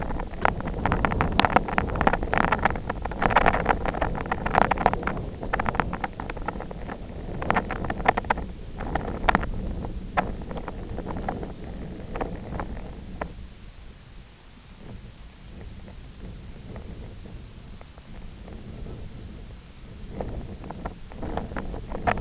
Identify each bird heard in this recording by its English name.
none